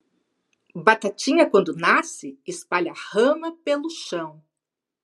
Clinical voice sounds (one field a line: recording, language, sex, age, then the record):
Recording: short text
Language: Brazilian Portuguese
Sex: female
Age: 50 to 59 years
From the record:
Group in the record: control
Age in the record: 56 years